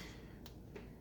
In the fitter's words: It does lock into place,